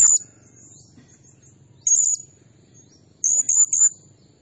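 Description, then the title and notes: Blue-crowned hanging parrot uttering piercing high-pitched chips, two single notes then a quick stuttered triplet, against a quiet low background hum. Lure and training recording, nasteran style, meant to provoke other birds; described as energetic, 'nembak' shooting delivery. "Burung Serindit Nembak Gacor Bikin Emosi Semua Burung. Suara Nasteran Dan Pemikat Burung Serinditan Gacor"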